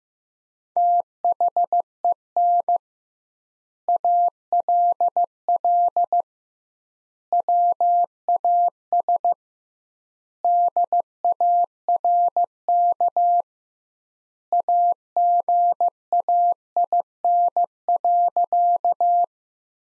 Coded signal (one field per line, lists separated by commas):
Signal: Morse code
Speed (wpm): 16 wpm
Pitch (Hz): 700 Hz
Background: none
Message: THEN ALL WAS DARK AGAIN.